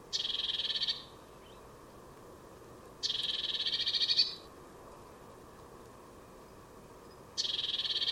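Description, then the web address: Bird repeating a harsh, buzzy churr about every three to four seconds, each burst roughly one second long. "Deverinetal 2025 File origin Bird Only Cy Ca"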